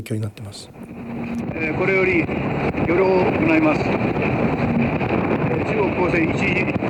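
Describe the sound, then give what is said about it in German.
A Japanese motorboat on the open sea near the Senkaku Islands, its engine a steady broad roar blended with rushing wind and sea noise, while voices speak faintly beneath it. “Ein japanisches Motorboot auf hoher See, nahe der Senkaku-Inseln.”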